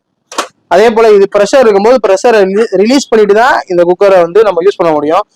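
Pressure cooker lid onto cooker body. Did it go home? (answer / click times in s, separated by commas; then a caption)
yes / 0.3 s. A metal pressure cooker lid is closed and locked onto the cooker body, giving a single tick-like click at 0.3 s as it locks smoothly into place. Someone talks right after, and the lid ends up locked closed.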